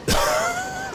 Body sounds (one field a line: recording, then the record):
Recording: coughing mixed with background sound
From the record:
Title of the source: Coughing 51